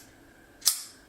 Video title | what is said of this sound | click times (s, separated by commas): Travel Gear You Need To Have in 2025 | Like that, you hear that click, but otherwise, it's kind of it. | 0.7 s